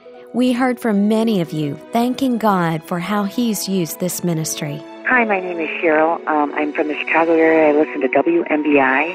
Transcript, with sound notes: We heard from many of you thanking God for how He’s used this ministry.
(phone calls) Hi, my name is Cheryl. I’m from the Chicago area. I listen to WMBI.